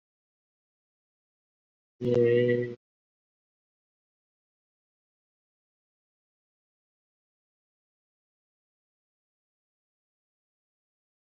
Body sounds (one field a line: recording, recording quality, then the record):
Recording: sustained vowel as in made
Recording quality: excellent, no background noise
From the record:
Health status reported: COVID-19 positive, mild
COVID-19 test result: positive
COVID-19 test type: RT-PCR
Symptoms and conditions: cough, cold, fever, hypertension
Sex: male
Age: 65 years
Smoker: no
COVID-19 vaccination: both doses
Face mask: worn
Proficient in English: no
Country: India